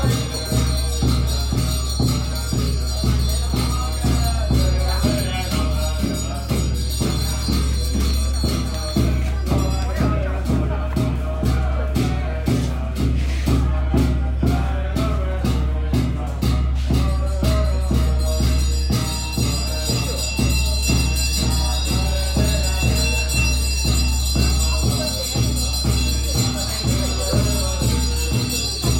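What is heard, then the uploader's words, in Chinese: A Buddhist temple ceremony with steady, fast rhythmic percussion strikes, ringing bells and a low continuous drone, dense and unchanging throughout. 清凉山上，五台山声音记录。显通寺法会。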